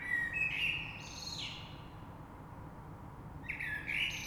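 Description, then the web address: Common blackbird giving two short song phrases, a mellow whistled start sliding into a high squeaky twitter, separated by a brief quiet gap. Recorded 3 March 2020. "oiseaux Rush Merle 3-3-2020"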